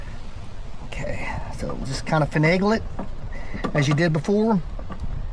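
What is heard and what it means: A plastic dust cap with four clips is being worked onto the back of the headlight housing on a 2016 Fiat Abarth during a headlight replacement, wiggled into place before it is turned. Someone talks over faint handling noise, with brief knocks at about 0.9 s and 4.9 s. Nothing has seated or clicked yet.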